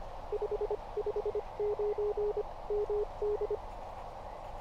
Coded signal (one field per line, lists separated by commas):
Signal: Morse code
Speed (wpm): 25 wpm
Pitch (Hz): 420 Hz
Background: none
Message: 559 MD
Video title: Emtech ZM-2 ATU for POTA activations